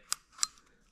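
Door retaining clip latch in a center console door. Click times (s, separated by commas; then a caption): 0.1 s. On a 2005 C6 Corvette, a small center console door is closed onto its retaining clip, a small latch box that is a 3D-printed replacement for the OEM piece. A sharp click sounds at 0.1 s as the clip latches shut, followed by a second sharp click at 0.4 s and a faint tick at 0.6 s.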